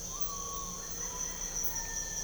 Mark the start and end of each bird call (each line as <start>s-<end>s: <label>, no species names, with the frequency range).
0.29s-1.18s: bird call (0.9-1.7 kHz)